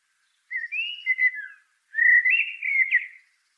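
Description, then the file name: Common blackbird song: two smooth, mellow warbled phrases of rising and falling fluted whistles, separated by a short gap. "Turdus merula"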